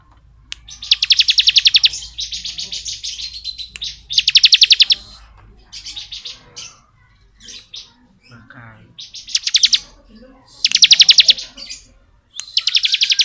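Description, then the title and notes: Bar-winged prinia song of short, fast, high trilled bursts repeated irregularly, with scattered softer chirps in the pauses. Ngebren-style song, used as masteran training audio for Oriental magpie-robins. "Ciblek Ngebren Untuk Masteran Murai Batu. Suara burung ciblek - Suara Nada"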